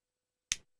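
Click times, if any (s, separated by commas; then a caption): 0.5 s. A screw is driven into a guitar part as a test of whether it breaks or strips, and a single sharp snap sounds at 0.5 s in otherwise silent audio. The screw thread has stripped out: the screw did not break off, but it now won't come out or go in and just spins.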